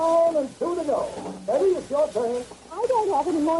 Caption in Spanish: Le denominamos una disminución de la audición, una pérdida de la audición moderada. Esto habla más o menos entre 40 a 70 pérdida de decibeles, que ya no lo escuchamos. Eso ya puede generar muchísimo problema en el paciente.